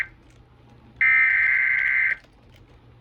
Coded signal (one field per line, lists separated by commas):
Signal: Emergency Alert System (SAME) tones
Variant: header bursts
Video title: EAS 698-699 - LWX SMW and Relay